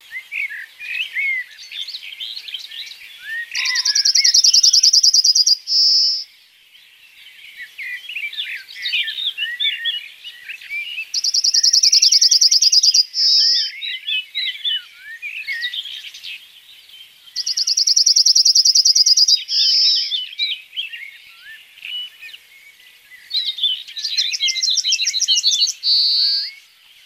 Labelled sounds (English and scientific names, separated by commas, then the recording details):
Yellowhammer (Emberiza citrinella) song
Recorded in the wild
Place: Waltershofen / Freiburg im Breisgau, Baden-Württemberg, DE
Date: 2003-05-31
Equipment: MiniDisc Sharp MT 20 H, Sennheiser MKH 816
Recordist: Schwarz, Dieter
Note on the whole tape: Song